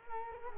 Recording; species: mosquito wingbeat signal from an infrared sensor; Culex quinquefasciatus